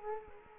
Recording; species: mosquito wingbeat signal from an infrared sensor; Culex quinquefasciatus